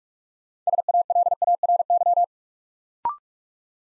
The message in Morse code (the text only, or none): SALARY